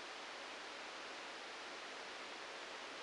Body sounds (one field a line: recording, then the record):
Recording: brain microelectrode recording played as sound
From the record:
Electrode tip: outside the subthalamic nucleus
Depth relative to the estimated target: 0 mm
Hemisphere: right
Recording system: NeuroSet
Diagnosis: Parkinson's disease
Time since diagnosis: 9 years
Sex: male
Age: 56 years